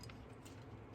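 A fuel pressure regulator, refitted with a new oiled O-ring, is pushed back into its metal housing on the fuel rail of a BMW 635CSi. Two short clicks are heard at 0.0 s and 0.1 s over a steady low background noise. The regulator pops into place and sits firmly seated.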